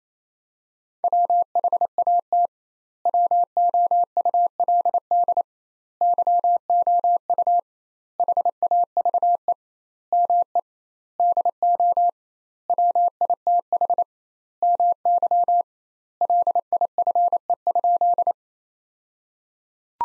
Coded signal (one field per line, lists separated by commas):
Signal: Morse code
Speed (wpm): 28 wpm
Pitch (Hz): 700 Hz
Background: none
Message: WHAT WOULD YOU HAVE ME DO WITH MY LIFE?